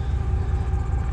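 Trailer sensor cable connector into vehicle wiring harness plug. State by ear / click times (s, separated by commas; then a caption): not seated / none. The Pro Trailer Backup Assist sensor's electrical connector on a 2020 Ford F350 is being handled for plugging into the truck's wiring harness, with a steady low rumble throughout. No click is heard, and nothing has seated or clicked yet.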